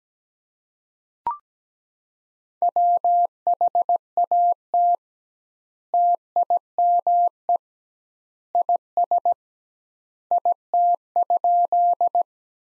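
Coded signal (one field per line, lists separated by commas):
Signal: Morse code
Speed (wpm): 17 wpm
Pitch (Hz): 700 Hz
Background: none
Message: WHAT TIME IS IT?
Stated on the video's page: Morse practice at 17 wpm of sentences from the top 100 words with twice standard word spacing, a Farnsworth-like method for head-copying.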